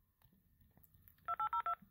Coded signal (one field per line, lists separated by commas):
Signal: DTMF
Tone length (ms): 100 ms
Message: 2802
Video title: Quick Look At The Tidradio TD-H3 ham Radios - How to Change Ham And GMRS Modes And More